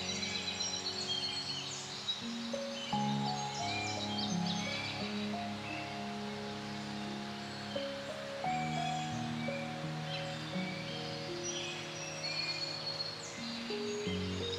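Gentle music with long held low tones shifts chords every few seconds, around 3, 8 and 11 seconds, over a steady soft rush of wind in a forest. Birds chirp and twitter high above throughout, densest early and again toward the end.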